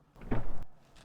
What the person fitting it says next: You may actually hear that latch release right away,